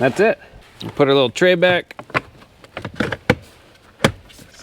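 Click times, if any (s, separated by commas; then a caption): 3.3 s, 4.0 s. A small plastic tray is refitted into the dashboard behind the glove box area of a 2005-2009 Subaru Legacy during a cabin filter replacement. Someone talks, then a series of light plastic taps and clicks leads to sharp snaps at 3.3 and 4.1 seconds as the tray seats into place.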